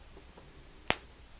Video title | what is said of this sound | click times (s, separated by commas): Spigen Slim Armor case (Pixel 2) Review | into place you'll hear nice satisfying click sounds | 0.9 s